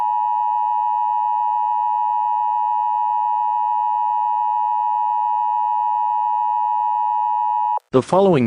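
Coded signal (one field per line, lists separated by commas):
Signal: Emergency Alert System (SAME) tones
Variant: 853 and 960 Hz attention tone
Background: speech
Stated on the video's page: Made-up, not real EAS scenario about a gangster attack.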